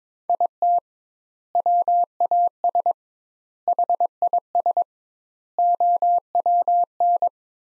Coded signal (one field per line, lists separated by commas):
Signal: Morse code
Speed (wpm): 22 wpm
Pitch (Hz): 700 Hz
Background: none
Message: IT WAS HIS OWN